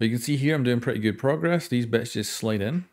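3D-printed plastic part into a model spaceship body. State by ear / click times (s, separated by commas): not seated / none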